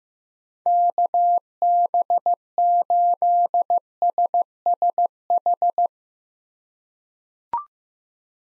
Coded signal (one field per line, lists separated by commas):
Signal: Morse code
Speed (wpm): 15 wpm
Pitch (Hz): 700 Hz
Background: none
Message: KB8SSH